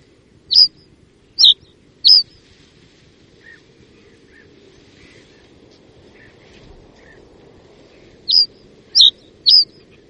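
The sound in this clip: Reed bunting giving sharp, high downslurred chirps, three in quick succession, a long quiet gap, then three more, over soft background noise.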